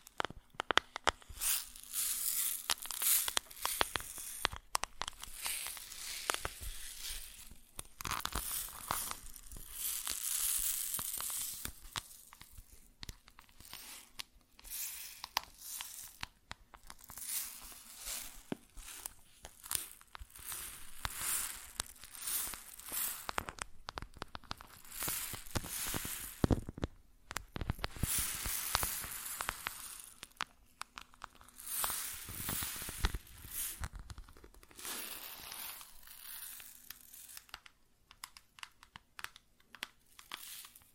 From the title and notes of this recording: ASMR Grain Sounds (No Talking).